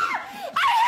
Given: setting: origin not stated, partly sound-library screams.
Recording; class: one-second piece from a danger detection set; woman in danger